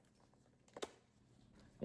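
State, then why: Seated. An iPad Mini is pressed into the plastic shell of a keyboard case for the iPad Mini 6/7 with backlit keys, a stand and a pencil holder. Two quick snaps come close together at about 0.8 s and 0.8 s, and a louder sound rises at the very end. The tablet is seated in the shell.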